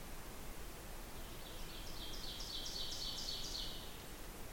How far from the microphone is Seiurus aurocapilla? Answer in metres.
about 65 m